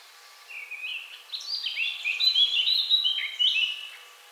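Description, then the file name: Eurasian blackcap song: a rich, rapid warble of varied chattering and whistled notes lasting a few seconds, over a quiet background. "Sylvia atricapilla"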